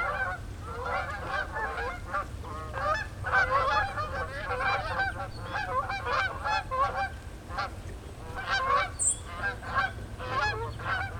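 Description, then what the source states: Goose: geese honking together in a thick, overlapping chorus that swells and dips, with a faint low rumble underneath. Geese calling in flight, recorded 22 September 2007.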